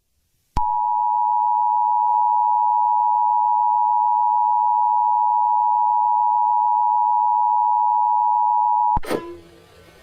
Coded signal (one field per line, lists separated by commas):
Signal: Emergency Alert System (SAME) tones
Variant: 853 and 960 Hz attention tone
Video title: EAS scenario:skynet AI (analog horror) an shout out to equillibriumfilms because this is his vid￼